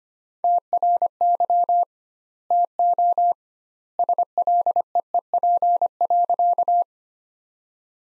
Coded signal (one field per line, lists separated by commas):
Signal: Morse code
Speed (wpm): 25 wpm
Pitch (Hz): 700 Hz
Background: none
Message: TRY TO SLEEP.